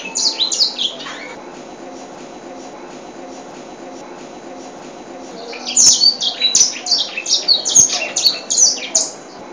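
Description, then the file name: White-rumped seedeater: a short twittering burst, a pause of a few seconds, then a lively stream of high chirps and slurred notes. Original song of the bird. "edel-sanger-lagu-asli-4-omkicau"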